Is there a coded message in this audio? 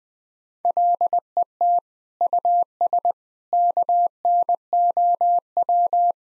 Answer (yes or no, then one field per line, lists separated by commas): yes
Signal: Morse code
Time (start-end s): 0.6-6.1 s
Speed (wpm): 20 wpm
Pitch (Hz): 700 Hz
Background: none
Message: LET US KNOW